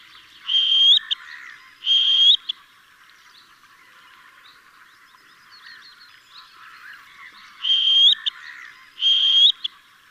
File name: Svasso Piccolo